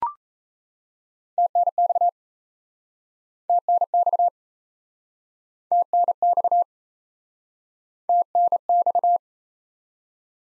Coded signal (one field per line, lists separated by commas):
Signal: Morse code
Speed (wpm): 37 wpm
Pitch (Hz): 700 Hz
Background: none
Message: TNX TNX TNX TNX